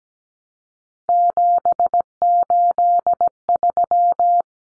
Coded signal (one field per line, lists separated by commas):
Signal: Morse code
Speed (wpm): 17 wpm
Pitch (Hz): 700 Hz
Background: none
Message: 783